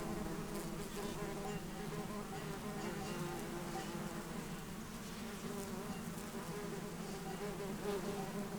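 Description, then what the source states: Bumblebees drone steadily with a low buzzing hum. Bumblebees and other pollinators flying flower to flower for nectar, warm morning after overnight cloud cover, 6500-foot meadow at south end of Taylor Lake, Russian Wilderness, Klamath National Forest, Siskiyou County, California.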